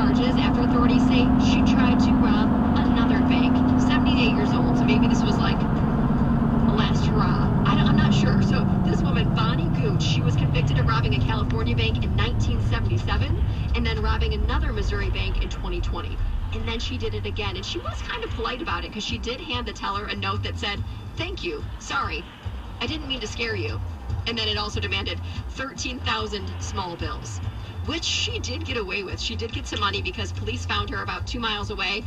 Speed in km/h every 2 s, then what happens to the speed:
87, 85, 77, 66, 50, 35, 21, 10, 0, 0, 0, 0, 0, 0, 0, 0.
0-15 brakes to 0. 15-32 standing.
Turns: none.